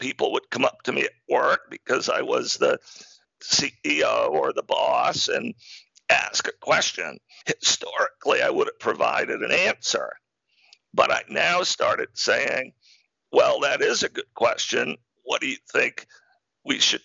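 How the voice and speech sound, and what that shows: Adult male speaker with spasmodic dysphonia, a rare neurological speaking disorder that makes communicating difficult. Connected speech with frequent pauses, breaks and strained, rough voicing interrupting phrases.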